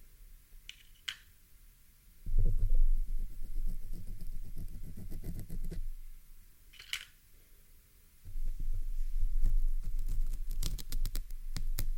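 A pin is plucked from a microphone, giving heavy low thumping rumbles in two long bursts, with sharp bright clicks and scrapes around them.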